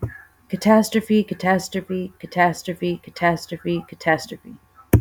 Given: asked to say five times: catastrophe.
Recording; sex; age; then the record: repeated word; female; 30 to 39 years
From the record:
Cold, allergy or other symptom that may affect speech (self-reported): no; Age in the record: 31 years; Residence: Texas, United States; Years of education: 14